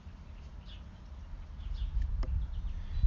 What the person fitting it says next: you hear that click then it turns very easy going